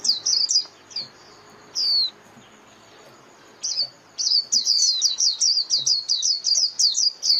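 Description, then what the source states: White-eye calls: thin, high, downslurred chirps, a few early, then after a pause a quick series of repeated notes. White-eye lure call (mồi) used for trapping birds.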